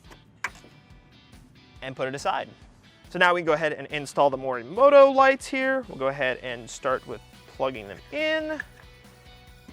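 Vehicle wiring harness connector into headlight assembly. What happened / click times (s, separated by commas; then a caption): Handled, not yet home: no seating click from the headlight connector / none. Someone talks over background music while handling a vehicle wiring harness connector, about to plug it into a new Morimoto XRGB LED headlight assembly for a Ford Bronco. A brief sharp sound occurs near 0.5 s. Nothing has seated or clicked yet; the clip ends just before the connector goes home.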